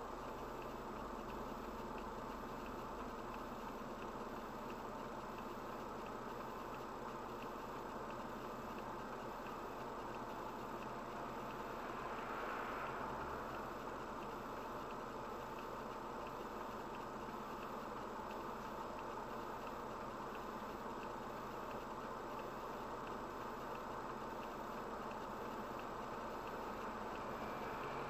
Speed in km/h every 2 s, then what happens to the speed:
0, 0, 0, 0, 0, 0, 0, 0, 0, 0, 0, 0, 0, 0.
0-28 standing.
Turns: none.